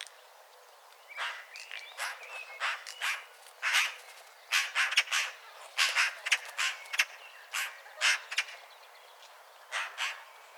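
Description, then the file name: Eurasian magpie giving a long series of dry, harsh chattering notes. "Pica pica"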